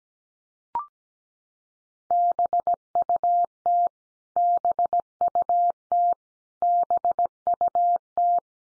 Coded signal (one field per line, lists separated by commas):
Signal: Morse code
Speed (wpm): 17 wpm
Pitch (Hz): 700 Hz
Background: none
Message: BUT BUT BUT